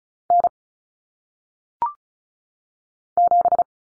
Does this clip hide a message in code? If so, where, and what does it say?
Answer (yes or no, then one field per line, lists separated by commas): yes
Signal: Morse code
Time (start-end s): 0.3-3.6 s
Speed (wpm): 36 wpm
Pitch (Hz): 700 Hz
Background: none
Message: N 7